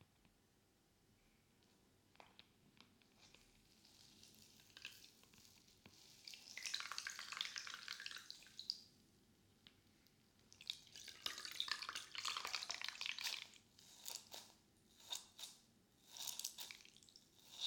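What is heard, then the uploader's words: A soapy sponge works with water in bursts of wet, frothy scrubbing and squishing. Quiet clicks and drips fill the first few seconds, then louder hissing, bubbly swells arrive around six to nine seconds and again from eleven, with shorter squeezes near the end. ASMR Binaural Sounds Water Soap Sponge.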